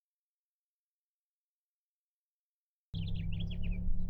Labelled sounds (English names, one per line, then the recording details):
House Finch song
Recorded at Hewlett Harbor on Long Island, New York, on 10 June 1975
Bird D